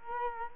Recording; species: mosquito wingbeat signal from an infrared sensor; Culex quinquefasciatus